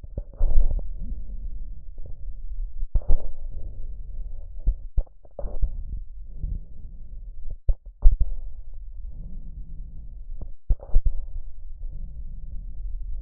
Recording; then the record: lung sounds by stethoscope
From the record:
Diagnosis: emphysema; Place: left posterior upper chest